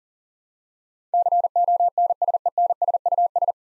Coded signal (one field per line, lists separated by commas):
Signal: Morse code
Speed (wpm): 38 wpm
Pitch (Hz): 700 Hz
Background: none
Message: CONSENSUS